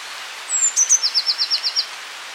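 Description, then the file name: Eurasian blue tit song: sharp, very high introductory notes, then a steady trill of several slurred notes at a slightly lower pitch. "Cyanistes caeruleus"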